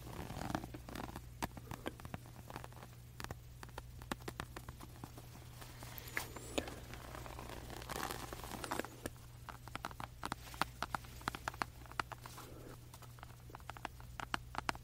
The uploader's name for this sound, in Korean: 조명 스크래칭 , 탭핑